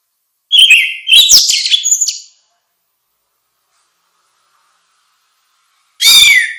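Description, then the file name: Orange-headed thrush singing a quick jumble of high, varied whistles and chirps for under two seconds, a long pause, then another bright phrase begins. "suara kicau burung anis merah luar biasa"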